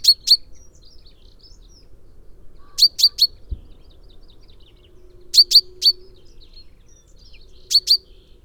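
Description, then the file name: Common chaffinch giving bright, clipped chinking notes in bursts of two to four, spaced by pauses of about two to three seconds, with a single low thump midway. "Fringilla coelebs"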